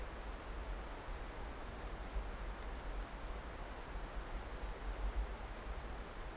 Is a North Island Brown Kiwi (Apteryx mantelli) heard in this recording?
no